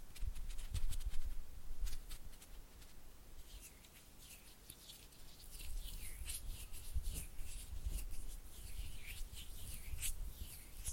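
Oily hand and fluttering finger sounds: soft, wet rubbing and quick patters of fingertips, heaviest in the first two seconds and again from about six seconds on. Brief bright clicks and smacks stand out throughout, with dull low thumps underneath and a quieter stretch around four to five seconds.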